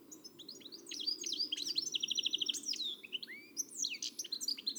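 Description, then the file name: European goldfinch song, a lively stream of sharp tinkling notes, a buzzy trill near the middle and slurred whistles. "Carduelis carduelis"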